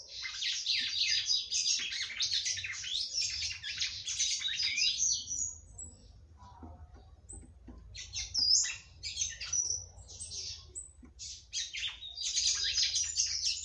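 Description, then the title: Red-cowled cardinal song: long bursts of rapid, harsh chattering and whistled notes high in pitch, pausing briefly midway before resuming; faint low hum beneath. "Galo De Campina"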